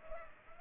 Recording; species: mosquito wingbeat signal from an infrared sensor; Culex pipiens